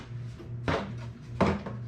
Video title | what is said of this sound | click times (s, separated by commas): Alpine Ti Paramotor Assembly | fittings you're gonna press this push until it snaps like this | 0.7 s, 1.4 s